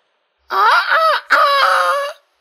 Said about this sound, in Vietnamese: Tiếng gà gáy sáng truyền vào tai Mặt Cầu.